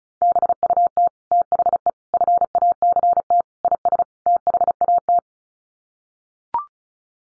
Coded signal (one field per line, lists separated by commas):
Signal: Morse code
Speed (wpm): 34 wpm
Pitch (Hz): 700 Hz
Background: none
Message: BUT THE FACT IS THAT